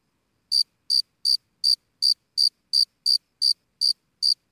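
Cricket chirping: eleven short, high, ringing pulses at a steady pace of nearly three per second, against otherwise silent background.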